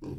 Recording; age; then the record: pig call; weaner (32 to 43 days)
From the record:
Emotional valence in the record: positive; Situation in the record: positive conditioning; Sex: female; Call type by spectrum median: low-frequency call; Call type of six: low-frequency stable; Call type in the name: low-frequency stable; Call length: 0.19 s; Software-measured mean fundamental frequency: 46 Hz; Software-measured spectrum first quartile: 131 Hz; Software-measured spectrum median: 252 Hz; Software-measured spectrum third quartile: 380 Hz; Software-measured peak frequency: 306 Hz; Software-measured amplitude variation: 100 dB a second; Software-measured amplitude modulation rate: 13.3 a second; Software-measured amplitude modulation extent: 7.6 dB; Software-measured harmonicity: 1.9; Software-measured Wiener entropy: -0.01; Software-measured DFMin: 738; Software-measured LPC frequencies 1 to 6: 323, 931, 2582, 3529, 4601, 5503 Hz